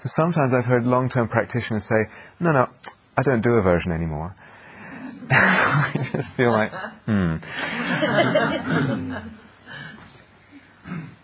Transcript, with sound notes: Sometimes I've heard long-term practitioners say, "No, no. I don't do aversion any more." [laughter] I just feel like, "Hmm."